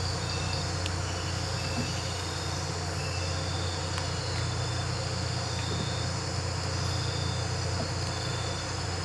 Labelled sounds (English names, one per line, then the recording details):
none
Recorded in pastures near Puerto Asís, Putumayo, Colombia, on 12 March 2025 at 01:00
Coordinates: 0.466, -76.322
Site CSA-02